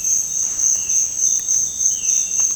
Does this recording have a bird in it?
yes